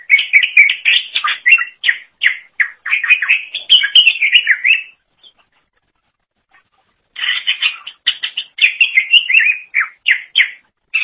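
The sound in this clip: Leafbird singing a fast, varied run of chirps and slurred whistles, pausing for about two seconds midway before resuming the busy warble.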